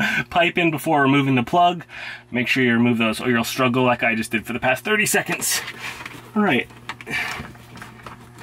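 Someone talks while handling a PEX/plastic water pipe and a shipping plug at the quick-release fitting on the plastic port of an RV water pump, with a couple of brief faint knocks near the end at 7.8 and 8.1 seconds. The pipe has not yet been pushed into the fitting; nothing has seated or clicked yet.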